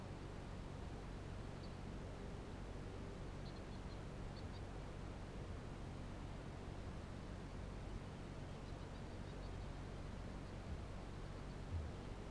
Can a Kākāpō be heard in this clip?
yes